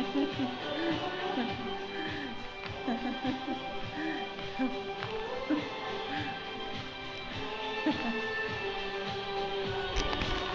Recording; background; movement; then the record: laughter; music; walking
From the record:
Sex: female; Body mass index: 25.5 kg/m2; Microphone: on the chest, facing the body